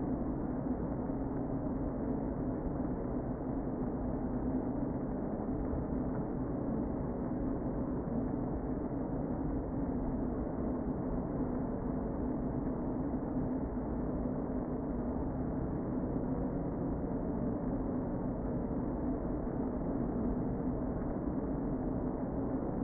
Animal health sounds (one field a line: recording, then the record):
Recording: honeybee colony, microphone inside the hive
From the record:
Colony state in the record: queen present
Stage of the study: before two queens were removed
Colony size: about 60,000 bees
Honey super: yes